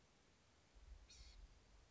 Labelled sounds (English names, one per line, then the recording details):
Blue-gray Gnatcatcher
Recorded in Sonoma County, California